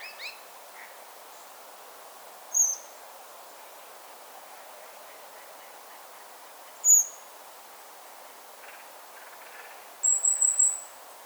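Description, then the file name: Common blackbird giving sharp, very high, thin notes a few seconds apart, then a pulsed high note near the end, over light background hiss. "Turdus merula"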